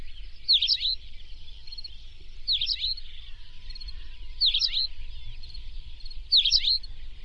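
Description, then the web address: Plain pipit calls: short, sharp chirps repeated roughly every two seconds, four in all, over a steady high hiss and low rumble. "plain pipit bird call"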